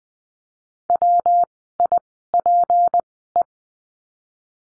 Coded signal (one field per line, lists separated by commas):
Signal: Morse code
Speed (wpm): 20 wpm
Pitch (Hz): 700 Hz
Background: none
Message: WIPE